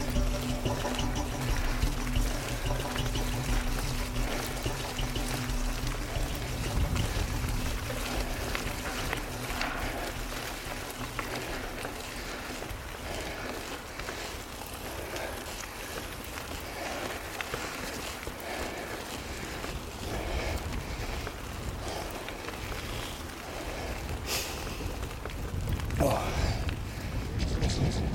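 Footsteps squelch through wet ground on a hill climb, a dense, rough wash of muddy shuffling that carries on steadily throughout. A low droning hum sits underneath for the first six seconds, and a few louder, sharper squelches and splashes land near the end.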